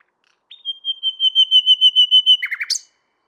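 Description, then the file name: Common nightingale song: a long series of pure whistled notes growing louder, ending in a few quick buzzy chirps. "Luscinia megarhynchos"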